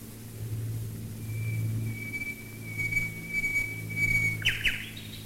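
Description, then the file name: Common nightingale song: a long, pure, steady whistle held for over three seconds, ending in a sharp burst of notes, over low droning hum. Nightingales singing while bombers fly overhead, recorded in 1942. "nightingales and bombers 1942"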